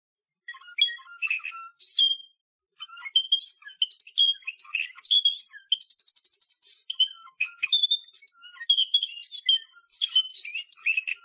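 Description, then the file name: Canary song with varied high whistles and chirps in short phrases, including a sustained, very fast pure trill near the middle. "Canary Voice"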